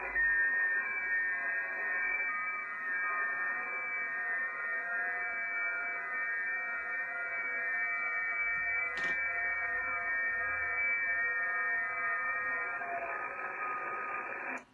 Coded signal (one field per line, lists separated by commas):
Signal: FT8